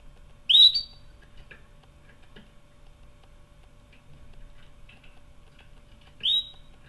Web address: sounds canary canary-sound